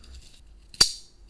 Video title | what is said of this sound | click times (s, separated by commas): 3D Printed Rubber Gun / Rubber-band Pistol | now let's begin with the frame insert the spring until you hear the click sound | 0.8 s